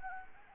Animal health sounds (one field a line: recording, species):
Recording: mosquito wingbeat signal from an infrared sensor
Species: Anopheles arabiensis